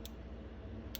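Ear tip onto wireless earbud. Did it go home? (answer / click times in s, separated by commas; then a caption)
yes / 0.1 s, 1.0 s. A silicone ear tip is pressed onto the nozzle of a 2020 clone of an Apple AirPods Pro wireless earbud and snaps on with two small clips. Two tiny, sharp clicks are heard at about 0.1 and 1.0 seconds over a steady low hum. The tip is seated firmly and is hard to pull off.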